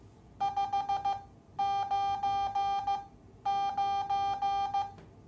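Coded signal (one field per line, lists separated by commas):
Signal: Morse code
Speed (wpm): 15 wpm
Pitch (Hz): 800 Hz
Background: none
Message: 5 9 9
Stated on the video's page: Morse sent from a vintage Heathkit SA-5010 Micromatic memory keyer.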